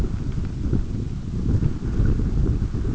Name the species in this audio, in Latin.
none